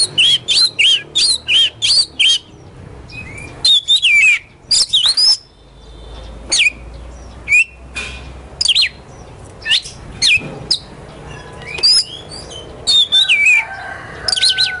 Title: Kacer Poci Gacor Nembak Dan Ngerol Juara Nasional. 7 macam suara kacer setiap 3 menit